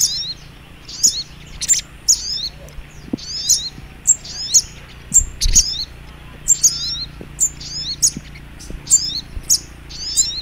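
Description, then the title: Little Spiderhunter giving high, squeaky chip notes and short slurred trills at about one phrase per second, with faint low hum and a few soft knocks. Training recording (masteran). "Masteran Burung Sogok Ontong Labaik"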